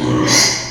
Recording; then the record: squeal of a Yucatan mini pig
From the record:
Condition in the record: before surgery on the right vocal fold (resection and tissue-engineered implant); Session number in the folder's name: 2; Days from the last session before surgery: 0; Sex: male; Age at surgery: 12 weeks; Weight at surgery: 13 kg